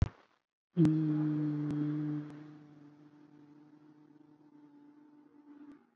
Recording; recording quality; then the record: sustained vowel as in beet; excellent, no background noise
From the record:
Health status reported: COVID-19 positive, mild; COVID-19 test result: positive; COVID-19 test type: RT-PCR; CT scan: not taken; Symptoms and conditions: cough, cold, fatigue, muscle pain, diabetes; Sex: male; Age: 48 years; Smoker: no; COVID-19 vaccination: both doses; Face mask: worn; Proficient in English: yes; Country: India